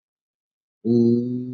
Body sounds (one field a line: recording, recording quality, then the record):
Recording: sustained vowel as in boot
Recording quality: excellent, no background noise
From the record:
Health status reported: COVID-19 positive, mild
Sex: female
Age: 24 years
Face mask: not worn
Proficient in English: yes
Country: India